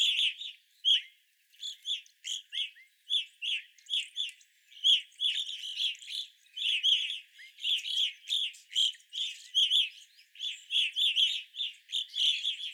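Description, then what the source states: Evening grosbeaks chattering together, a steady stream of loud chirp notes, overlapping and almost continuous, growing busier in the second half. Several birds, recorded 25 April 2021.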